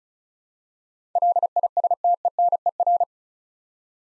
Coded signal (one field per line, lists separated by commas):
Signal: Morse code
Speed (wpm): 36 wpm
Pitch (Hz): 700 Hz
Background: none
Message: LISTENER